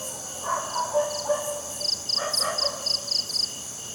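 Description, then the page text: Cricket chirps: a few rapid pulsed bursts at first, then a steady run through the second half, after scattered lower calls from other animals early on. Night, jungle. "Crickets Night Jungle TonwagenSfxLab"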